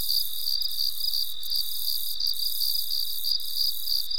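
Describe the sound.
Cricket chirps in a rapid, steady series, roughly three pulses per second.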